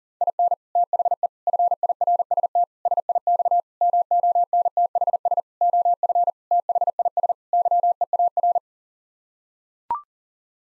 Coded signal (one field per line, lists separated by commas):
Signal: Morse code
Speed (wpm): 40 wpm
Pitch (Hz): 700 Hz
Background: none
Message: IN THE FIRST SIX MONTHS OF THIS YEAR